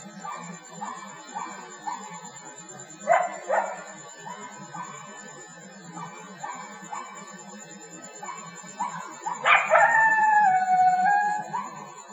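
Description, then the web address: Coyotes giving rapid, repeated short yips for several seconds, then a louder, long wavering howl near the end. Several coyotes, Laurel Canyon. "Laurel Canyon Coyotes"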